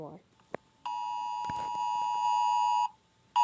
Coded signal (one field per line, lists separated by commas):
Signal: Emergency Alert System (SAME) tones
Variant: 853 and 960 Hz attention tone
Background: speech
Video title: eas scenario sub war inspired by @alertworld